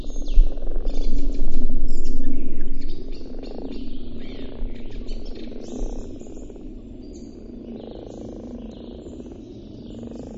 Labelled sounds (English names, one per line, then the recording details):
Common Frog call
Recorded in the wild
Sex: male
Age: adult
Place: Brunow, Gamengrund, Brandenburg, DE
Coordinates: 52.7264, 13.8958
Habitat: lake
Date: 1995-04-16 20:24
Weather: Luft: 5°C, Wasser: 5 °C, bedeckt
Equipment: Sony TCD-D3, Sennheiser ME 80, K 30 AV, Stativ und Windkorb
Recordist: Frommolt, Karl-Heinz